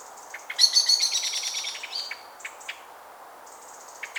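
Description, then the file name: Eurasian blackbird chattering call, a fast burst of high metallic chinks followed by scattered single clicks and thin high notes. "Turdus merula"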